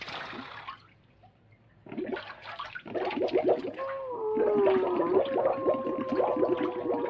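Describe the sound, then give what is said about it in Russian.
Bathwater splashes and sloshes in a bathtub as a person rinses off foam, then a muffled churning gurgle sets in as they dive under the water, with a wavering low tone threading through the bubbling for several seconds. “Ныряет под воду.”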